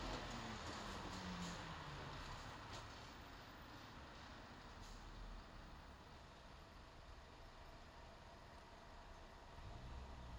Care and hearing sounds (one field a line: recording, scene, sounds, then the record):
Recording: everyday scene through a hearing-aid microphone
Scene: in traffic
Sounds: traffic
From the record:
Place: bus stop on a city main road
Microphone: in the ear canal, left